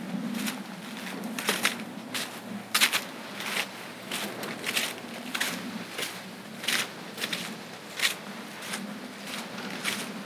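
Footsteps crunch along a trail during a pitch-black night hike, each step a sharp, bright scrape about every half second in a loose, uneven rhythm. A low, steady hum runs underneath throughout, with brief crackly rustles between steps.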